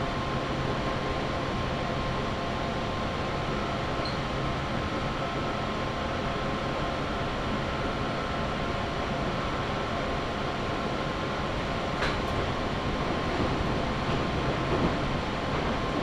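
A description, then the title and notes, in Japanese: A local train on the Chūō West Line runs from Nakatsugawa toward Jūnikane, its roar steady and dense from start to finish. A faint whine holds underneath, and a few sharp clicks and squeaks break through around twelve and fifteen seconds. 中央西線 普通 中津川→十二兼。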